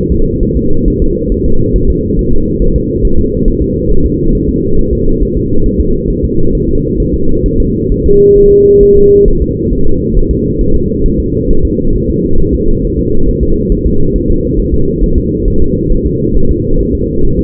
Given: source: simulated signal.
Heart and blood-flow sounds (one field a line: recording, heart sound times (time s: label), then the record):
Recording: fetal heart sounds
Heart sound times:
0.12 s: S2
0.43 s: S1
0.57 s: S2
0.88 s: S1
1.02 s: S2
1.32 s: S1
1.46 s: S2
1.76 s: S1
1.90 s: S2
2.19 s: S1
2.33 s: S2
2.62 s: S1
2.76 s: S2
3.05 s: S1
3.19 s: S2
3.48 s: S1
3.62 s: S2
3.92 s: S1
4.06 s: S2
4.35 s: S1
4.49 s: S2
4.79 s: S1
4.93 s: S2
5.23 s: S1
5.37 s: S2
5.66 s: S1
5.81 s: S2
6.10 s: S1
6.25 s: S2
6.55 s: S1
6.69 s: S2
7.00 s: S1
7.14 s: S2
7.46 s: S1
7.60 s: S2
7.92 s: S1
8.06 s: S2
8.38 s: S1
8.52 s: S2
8.83 s: S1
8.97 s: S2
9.28 s: S1
9.42 s: S2
9.73 s: S1
9.87 s: S2
10.17 s: S1
10.31 s: S2
10.61 s: S1
10.75 s: S2
11.06 s: S1
11.20 s: S2
11.51 s: S1
11.65 s: S2
11.96 s: S1
12.10 s: S2
12.40 s: S1
12.54 s: S2
12.85 s: S1
12.99 s: S2
13.29 s: S1
13.43 s: S2
13.72 s: S1
13.86 s: S2
14.16 s: S1
14.30 s: S2
14.60 s: S1
14.74 s: S2
15.04 s: S1
15.18 s: S2
15.48 s: S1
15.62 s: S2
15.92 s: S1
16.06 s: S2
16.37 s: S1
16.51 s: S2
16.81 s: S1
16.95 s: S2
17.25 s: S1
17.39 s: S2
From the record:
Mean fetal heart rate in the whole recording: 135 bpm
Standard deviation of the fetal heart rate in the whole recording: 3 bpm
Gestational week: 36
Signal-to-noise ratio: -19.1 dB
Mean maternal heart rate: 72 bpm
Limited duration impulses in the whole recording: present